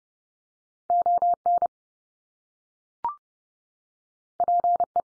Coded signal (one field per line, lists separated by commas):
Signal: Morse code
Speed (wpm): 30 wpm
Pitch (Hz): 700 Hz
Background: none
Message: ON PE